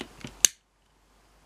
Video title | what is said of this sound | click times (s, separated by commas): Mighty Morphin Power Rangers Legacy Ninja Megazord UK Review | hear that snap click you got it right | 0.4 s